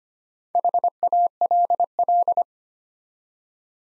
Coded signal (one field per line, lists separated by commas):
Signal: Morse code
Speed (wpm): 25 wpm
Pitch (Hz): 700 Hz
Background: none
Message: HALL